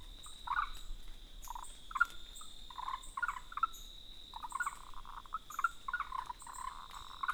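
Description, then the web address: Frog calls, short bursts of croaking notes repeated irregularly, with a steady high insect drone and faint high chirps behind. Recorded 3 June 2018. "frog 20180603"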